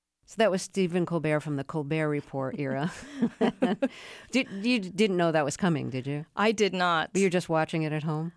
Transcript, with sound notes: So that was Stephen Colbert from "The Colbert Report" era.
(LAUGHTER)
You didn't know that was coming, did you?
I did not.
Were you just watching it at home?